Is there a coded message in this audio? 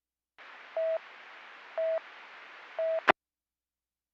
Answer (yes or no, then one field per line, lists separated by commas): no